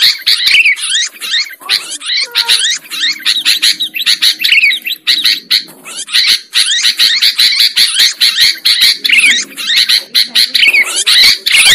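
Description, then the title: Lovebird chatter: a nearly continuous stream of harsh, high chirps and squeaks from start to finish, with only short gaps. Lure recording used to attract birds for trapping. "PIKAT BURUNG LOVEBIRD"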